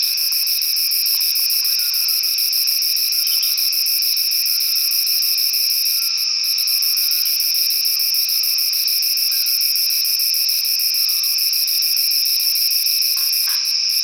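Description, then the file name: Myopsalta mackinlayi cicada singing a continuous shrill buzz with rapid pulses, unchanging throughout. Recorded at Coolbaggie at dusk. "Myopsalta mackinlayi Coolbaggie dusk"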